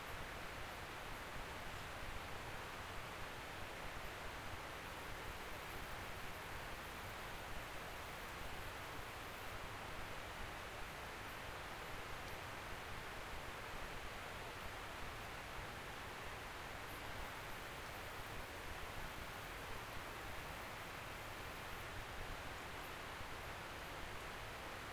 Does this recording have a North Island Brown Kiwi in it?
no